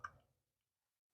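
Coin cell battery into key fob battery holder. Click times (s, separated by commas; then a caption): 0.0 s. A CR2450 coin cell battery, inserted at an angle under the far edge of the battery holder in a 2017-2023 Ford key fob, is pushed down into place. A short, sharp tick is heard at 0.05 s, and the sound fades out by about 0.4 s. The battery is seated.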